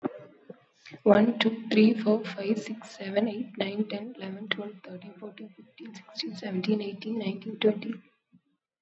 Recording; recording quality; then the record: counting at a fast pace; excellent, no background noise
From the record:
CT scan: not taken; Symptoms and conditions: sore throat, muscle pain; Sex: female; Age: 21 years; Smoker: no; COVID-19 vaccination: both doses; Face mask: not worn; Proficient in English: yes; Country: India